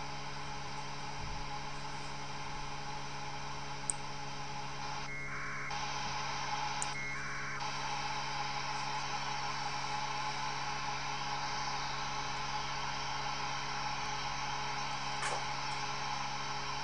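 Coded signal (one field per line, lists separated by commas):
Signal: packet radio (AX.25, as in APRS)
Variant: AFSK 1200 baud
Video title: Strange Beacons - Decoding APRS Using AFSK1200 at 144 390 00 MHz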